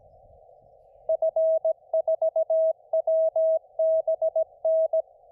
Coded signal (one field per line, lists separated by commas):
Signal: Morse code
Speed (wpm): 17 wpm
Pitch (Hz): 620 Hz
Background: none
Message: F4WBN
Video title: Badger Mountain SOTA